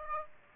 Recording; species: mosquito wingbeat signal from an infrared sensor; Aedes aegypti